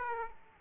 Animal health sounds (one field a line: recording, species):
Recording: mosquito wingbeat signal from an infrared sensor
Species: Aedes aegypti